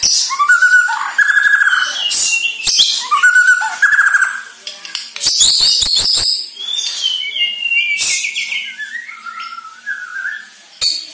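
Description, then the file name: White-rumped shama song, a busy mix of whistled phrases, sharp clicks and high chirps with little pause between them. Borneo; lure recording played to make shamas sing. "Sara Pancingan Murai Batu Borneo Agar Gacor Dor"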